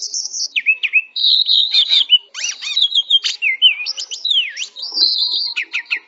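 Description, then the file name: Greater green leafbird song, a rapid, varied run of sweeping whistles, sharp chips and buzzy trills switching pitch constantly, with no other sounds. Song filled with imitations of Asian pied starling song, a recording used to teach song to other birds. "cucak hijau isian jalak suren"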